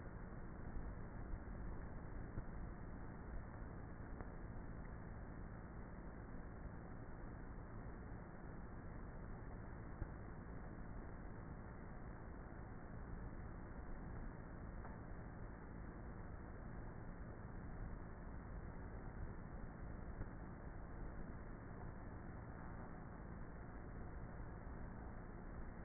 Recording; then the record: honeybee colony, microphone inside the hive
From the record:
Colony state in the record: queenless with a low population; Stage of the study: before two queens were removed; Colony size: about 30,000 bees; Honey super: no